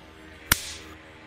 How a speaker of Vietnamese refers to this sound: Một cái tát như trời giáng, giáng thẳng xuống mặt Yến.